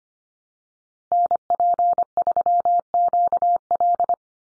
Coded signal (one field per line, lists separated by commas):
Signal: Morse code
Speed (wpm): 25 wpm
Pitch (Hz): 700 Hz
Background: none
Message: NP3QL